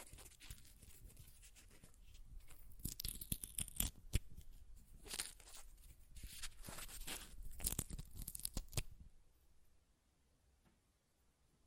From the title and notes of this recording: ASMR Paper Ripping Tearing Sounds (No Talking).